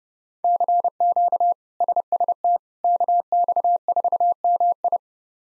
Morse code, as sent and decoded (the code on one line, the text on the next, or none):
-.-. --.- / ... ... - / -.- -..- ....- -- ..
CQ SST KX4MI